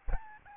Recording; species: mosquito wingbeat signal from an infrared sensor; Aedes albopictus